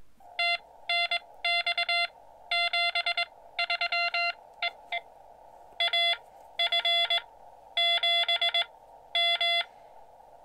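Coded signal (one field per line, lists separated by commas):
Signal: Morse code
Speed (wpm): 14 wpm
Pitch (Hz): 2100 Hz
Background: none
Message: TNX 73 EE AF7M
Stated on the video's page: POTA activation in Morse code from a BLM recreation area using a Xiegu X-6100.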